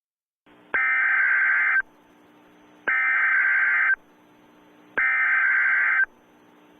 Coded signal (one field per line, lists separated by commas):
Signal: Emergency Alert System (SAME) tones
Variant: header bursts